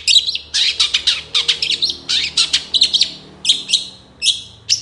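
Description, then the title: Long-tailed shrike giving harsh, scratchy squawks and grating notes in rapid series, broken by a few short pauses. Long-tailed shrike song in the morning, with varied calls including "toet toet"; used as a lure recording to prompt sluggish or stressed cendet birds to sing. "Cendet Gacor Dor Di Kala Pagi Toet Toet Variasi Suara. PANCINGAN CENDET MALAS BUNYI CENDET MACET CENDET STRESS"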